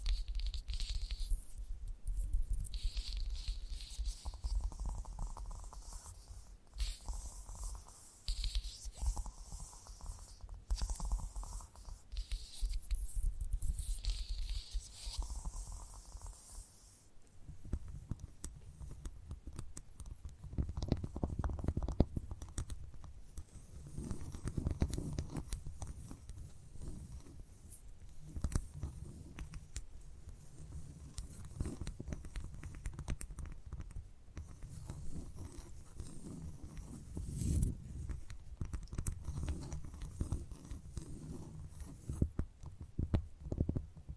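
Gentle ASMR tapping in quick, uneven patters, with soft scratchy textures between the taps. For the first seventeen seconds the taps are sparse and crisp over a low steady hum; after that they grow denser and fuller, continuing as a busy, rustling flow to the end.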